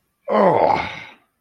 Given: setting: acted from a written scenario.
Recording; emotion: vocal sound without words; disappointment